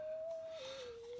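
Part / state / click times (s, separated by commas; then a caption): drive gear into the tuning unit's worm gear train / not seated / none. Someone turns the gears of a newly rebuilt PTO/VFO tuning unit, trying to mesh the drive gear into its worm gear train. A steady tone holds near 600 Hz, then steps down to about 500 Hz, with no sharp transient anywhere. The gears have not meshed or clicked in yet.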